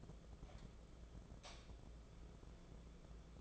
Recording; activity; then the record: daily activity, microphone in the room; light on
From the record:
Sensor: 5